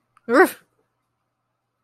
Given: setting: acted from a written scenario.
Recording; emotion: vocal sound without words; anger